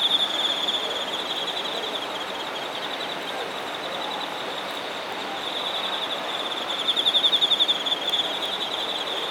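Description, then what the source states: High insect trilling continues throughout, brightening near the start and in a loud pulsed burst around seven seconds, over a steady hiss. Singing insects recorded in Shinagawa, Japan.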